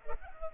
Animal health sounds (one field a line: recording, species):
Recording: mosquito wingbeat signal from an infrared sensor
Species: Culex pipiens